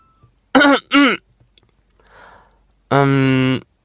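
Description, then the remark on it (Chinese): A man clears his throat with two quick, voiced, throaty coughs, then a faint breathy pause and a longer, steady hummed note, breaking an awkward moment in a Chinese audio drama. “这时展昭咳嗽了一声，打破尴尬。”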